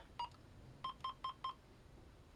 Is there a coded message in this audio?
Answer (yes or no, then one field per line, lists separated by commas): no